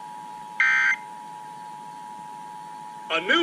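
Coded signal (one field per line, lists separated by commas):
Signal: Emergency Alert System (SAME) tones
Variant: 853 and 960 Hz attention tone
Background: speech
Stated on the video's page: Final Georgia Required Monthly Tests received on FM broadcast stations.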